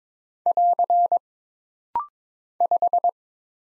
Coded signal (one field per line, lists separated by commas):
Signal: Morse code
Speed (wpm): 22 wpm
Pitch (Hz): 700 Hz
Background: none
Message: <AR> 5